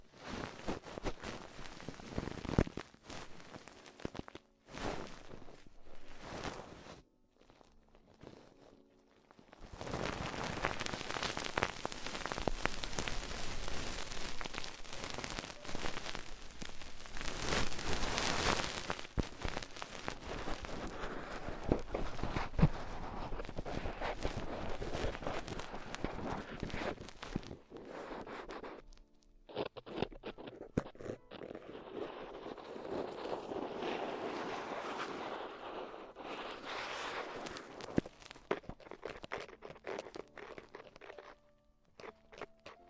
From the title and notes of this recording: ASMR Extremely Tingly Ear Exploration (No Talking).